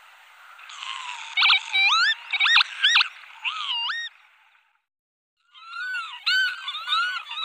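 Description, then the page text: Northern lapwing calls: a rapid series of rising, slurred wheezy notes, a brief pause, then more arched and twisting calls. "Голоса птиц Европы Чибис"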